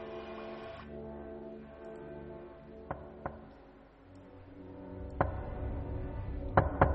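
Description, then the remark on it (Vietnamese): A few sharp knocks at night on the door of a house's main hall: a pair, a single knock, then another quick pair, each one crisp and loud over a steady, droning musical background with no one speaking. “Có tiếng gõ cửa vang lên.”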